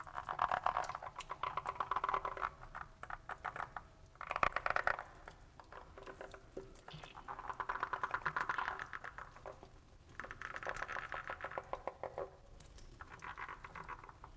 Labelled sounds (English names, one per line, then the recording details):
Edible Frog call
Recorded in captivity
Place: Zoologisches Institut der HUB, Berlin, DE
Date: 1959-01-02 16:30
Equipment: Reporter, Vollspur
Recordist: Tembrock, Günter
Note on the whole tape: Kaltraum: in großem Aquarium dicht gedrängt. Abwehrlaute. Etwa in Mitte des Bandes unrhythmischer hell gepreßter Laut eines sterbenden Exemplars, das dabei Hinterbeine streckt und auf Rücken fällt. Übrige Laute wohl bei Kontakt